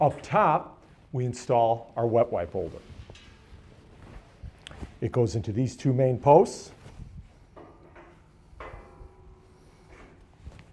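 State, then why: Not seated. Someone talks while a steel wet-wipe holder is handled over the two main posts at the top of a tubular Helix trash and wipe dispenser stand, with light knocks and taps around 3.2–4.7 s and a sharper hit at 8.6 s. The holder has not seated or locked onto the posts yet.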